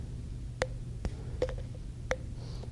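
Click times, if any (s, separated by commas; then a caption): 0.6 s, 2.1 s. The threaded chamber of a plastic two-chamber CPAP device component is screwed back onto its mating chamber while held up to a microphone, with a low steady hum and faint ticks in the background. Sharp little clicks sound at 0.6 s and 2.1 s, with softer ticks between them. The piece is seated, set and will not come apart.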